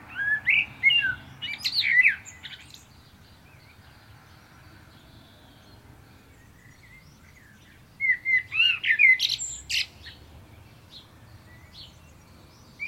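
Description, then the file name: Common blackbird song in two phrases roughly eight seconds apart, rich warbled whistles giving way to thin, high chattering notes, with quiet between. "Turdus merula"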